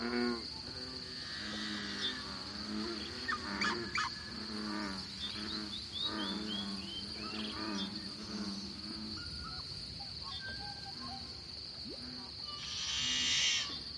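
A lively dawn chorus in a small pothole coulee in Eastern Washington, with a steady high trill running underneath throughout. Low, throaty calls repeat densely over the first nine seconds, mixed with quick rising chirps, then thin out before a bright burst of song near the end.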